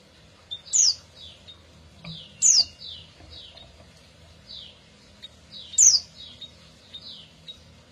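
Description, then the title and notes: Canary giving high, sharply falling chirps, a few spaced notes with three louder ones at irregular intervals over quiet background hum. Recording of an F1 Ys canary, used as therapy for a canary that has stopped singing. "TERAPI KENARI MACET. Kenari F1"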